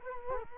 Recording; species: mosquito wingbeat signal from an infrared sensor; Culex quinquefasciatus